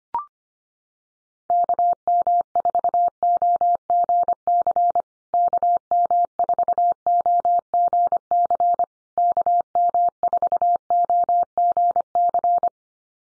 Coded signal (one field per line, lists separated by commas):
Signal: Morse code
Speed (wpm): 25 wpm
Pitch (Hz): 700 Hz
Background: none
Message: KM4OGC KM4OGC KM4OGC